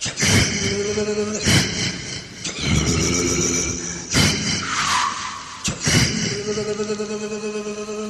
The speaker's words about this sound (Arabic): تسمع صوت الفرامل.